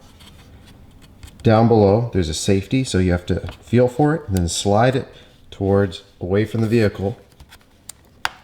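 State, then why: Released. Someone talks while the red plastic connector position safety lock on a Jeep Wrangler headlight wiring connector is slid away from the vehicle to unlock it. Soft handling sounds follow the talk, and a sharp, solid click at 8.2 s marks the lock clicking open so the connector can be released.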